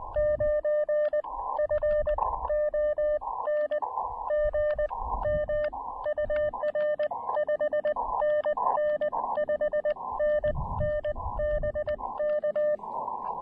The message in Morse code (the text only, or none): 9 FONG MUR 5NN 5NN BK